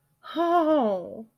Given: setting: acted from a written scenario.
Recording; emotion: vocal sound without words; negative surprise